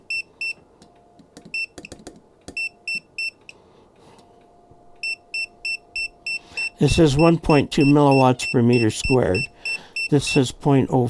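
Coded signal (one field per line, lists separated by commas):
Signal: none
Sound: EMF meter alert beeps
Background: speech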